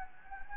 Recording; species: mosquito wingbeat signal from an infrared sensor; Anopheles gambiae